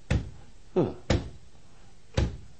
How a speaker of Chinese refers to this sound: 仲使乜拍门咧？入嚟啦！